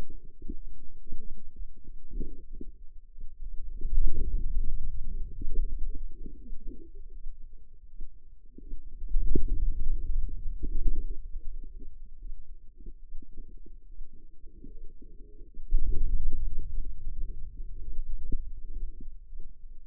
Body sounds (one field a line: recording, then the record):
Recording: forearm muscle sounds (acoustic myography)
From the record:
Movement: hand opening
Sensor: system 2, bracelet of six BSWA MPA416 microphones around the upper forearm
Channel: 6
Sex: female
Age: 25 years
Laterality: right